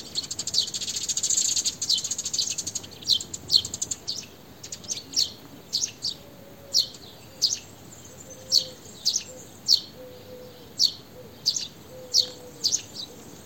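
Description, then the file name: House sparrow chirps, short sharp notes repeated steadily about every half second to second, with a dense burst of overlapping chirping at the start and faint low tones beneath. "Passer domesticus"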